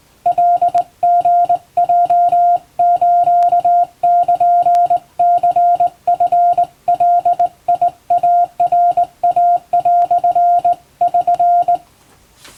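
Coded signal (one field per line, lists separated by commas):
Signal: Morse code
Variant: Japanese Wabun code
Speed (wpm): 20 wpm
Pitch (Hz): 700 Hz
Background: music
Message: カリヲスルニチガイナイ)<SN>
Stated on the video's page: Japanese Wabun Morse radio telegrams hand-sent on a vertical straight key by a first-class radiotelegraph operator, for receiving practice.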